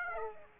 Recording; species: mosquito wingbeat signal from an infrared sensor; Aedes aegypti